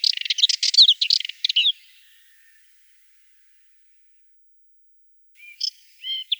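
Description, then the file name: Subalpine warbler giving a brisk scratchy warble that stops abruptly, followed by silence and then a few clear high chirped notes. "Slavka belousaja"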